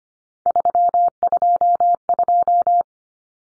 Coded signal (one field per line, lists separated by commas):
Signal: Morse code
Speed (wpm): 25 wpm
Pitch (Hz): 700 Hz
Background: none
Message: 322